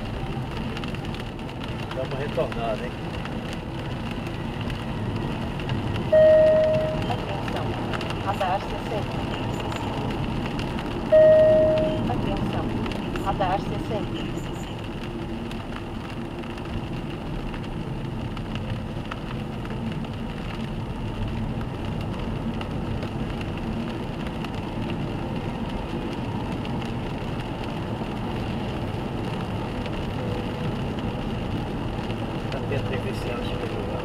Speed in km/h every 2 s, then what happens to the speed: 55, 57, 66, 76, 75, 68, 55, 55, 49, 50, 57, 61, 64, 69, 72, 74, 75.
0-6 speeds up to 76. 6-16 slows to 49. 18-34 speeds up to 75.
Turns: none.